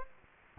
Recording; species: mosquito wingbeat signal from an infrared sensor; Anopheles gambiae